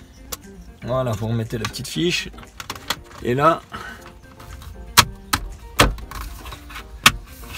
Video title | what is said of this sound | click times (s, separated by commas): RÉPARATION - Comment réparer son levier de vitesse c4 Picasso (par un bricoleur du dimanche) | c'est maintenant qu'il faut amplifier le petit clic voilà | 0.3 s